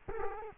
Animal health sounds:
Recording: mosquito wingbeat signal from an infrared sensor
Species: Culex quinquefasciatus

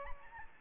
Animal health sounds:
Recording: mosquito wingbeat signal from an infrared sensor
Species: Aedes albopictus

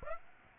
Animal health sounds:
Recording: mosquito wingbeat signal from an infrared sensor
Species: Aedes aegypti

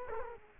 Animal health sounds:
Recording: mosquito wingbeat signal from an infrared sensor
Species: Culex quinquefasciatus

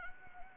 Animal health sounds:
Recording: mosquito wingbeat signal from an infrared sensor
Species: Anopheles arabiensis

